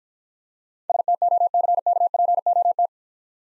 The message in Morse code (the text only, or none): STOCKPOT